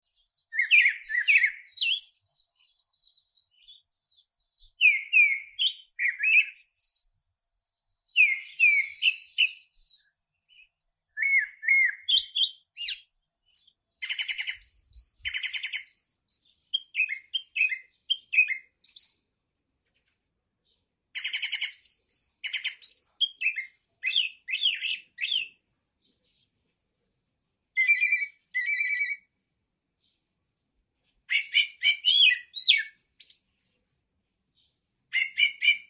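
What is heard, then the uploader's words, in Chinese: A black-breasted thrush sings varied bright phrases of quick whistles and chirps in bursts every few seconds, with silent gaps between. 黑胸鸫的叫声。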